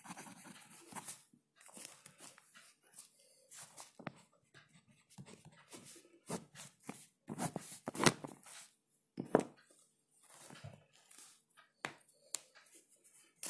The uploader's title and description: ticking of the clock, writing ASMR, page flipping and typing. You can hear the clock, me flipping pages, typing and writing.